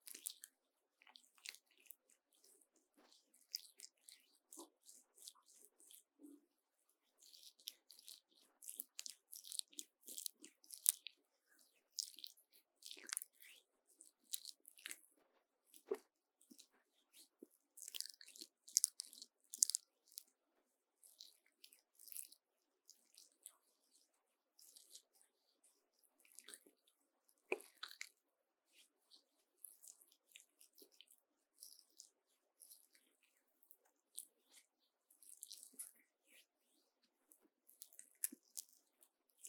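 Sticky sounds: rapid, wet clicks and small crackles, like something tacky pulling apart and squishing, come in irregular bursts throughout. The sounds are bright and thin with little low end. Busier clusters fall around 7–11 and 17–20 seconds, with quieter gaps between.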